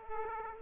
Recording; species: mosquito wingbeat signal from an infrared sensor; Aedes aegypti